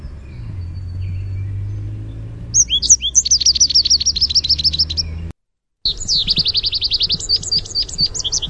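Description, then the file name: American goldfinch contact song, a rapid run of high twittering notes with rising sweet phrases, breaking briefly then resuming, over a low background rumble. "Sweeet" contact call and contact song. "AMGO contact song sweeet"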